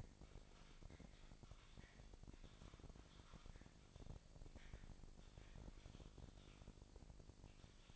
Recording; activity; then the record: daily activity, microphone in the room; typing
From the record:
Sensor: 5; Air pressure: 999.3 hPa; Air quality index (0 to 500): 229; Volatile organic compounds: 24 ppm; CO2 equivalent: 2798 ppm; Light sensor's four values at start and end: 34/79/31/30 and 34/79/31/30